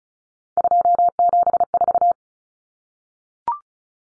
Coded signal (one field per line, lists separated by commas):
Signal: Morse code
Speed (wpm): 34 wpm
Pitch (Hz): 700 Hz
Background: none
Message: 274